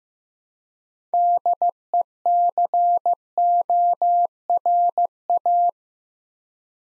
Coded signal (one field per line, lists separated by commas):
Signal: Morse code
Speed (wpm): 15 wpm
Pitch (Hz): 700 Hz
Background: none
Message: DECORA